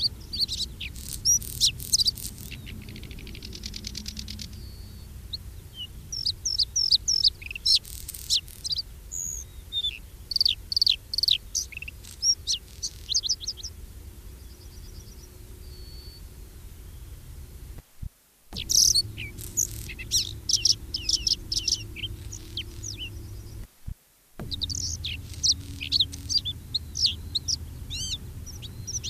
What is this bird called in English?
Bluethroat